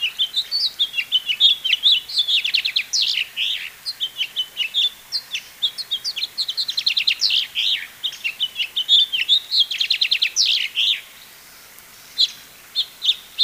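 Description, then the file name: House finch singing a fast, jumbled warble of twittering notes and rapid slurred trills, running for about eleven seconds before a pause and a few final chirps. "House Finch Haemorhous mexicanus Marvin"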